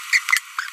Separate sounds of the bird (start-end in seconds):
0.13-0.18, 0.29-0.38